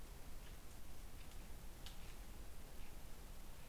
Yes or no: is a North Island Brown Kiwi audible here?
no